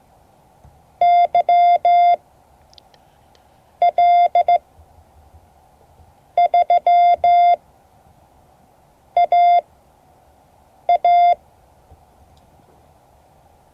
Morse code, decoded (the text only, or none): YL3AA